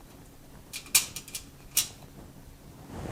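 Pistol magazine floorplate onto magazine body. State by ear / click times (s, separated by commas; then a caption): seated / 1.0 s. A CZ83 pistol magazine is reassembled: the plate is pushed down and the floorplate slides over it onto the magazine body, then locks into place with a sharp click at 1.0 seconds. A few softer clicks follow around 1.2 to 1.4 seconds, with another bright click near 1.8 seconds. The floorplate is seated and the magazine is confirmed good.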